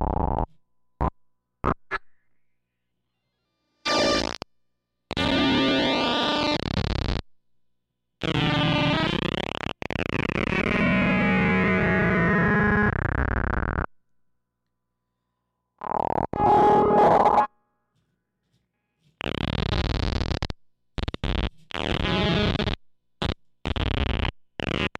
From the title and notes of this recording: Playing with Square Waves. Modules used: Bastl ABC mixer, Befaco Rampage, Even VCO, Pico RND, Make Noise Maths, Morphagene, 0-coast, Ornament and Crime, Zlob SVF, Diode Chaos, Mutable Instruments Clouds.